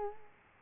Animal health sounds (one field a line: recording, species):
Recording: mosquito wingbeat signal from an infrared sensor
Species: Culex quinquefasciatus